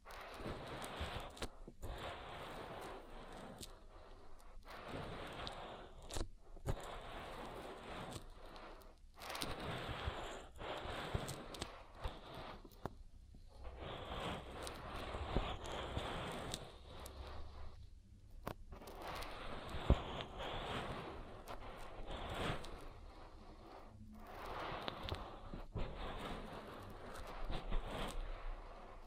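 Oil being worked around an ear makes a dense, wet rubbing and squishing that runs almost without pause. The texture churns irregularly in loudness, broken by brief sudden gaps of near silence every few seconds, with occasional sharper clicks.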